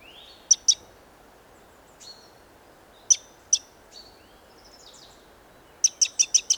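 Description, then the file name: Eurasian wren giving sharp, high ticking calls, first in pairs, then a quick run of five ticks near the end, with a few softer chirps between. "Troglodytes troglodytes"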